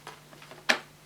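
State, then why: Seated. A plastic pet-hair brush roll is pushed into the floor head of a Bosch Athlet Pro Animal cordless upright vacuum cleaner. A few faint, softer contact sounds come first, then a sharp click at 0.7 s as the brush roll seats home.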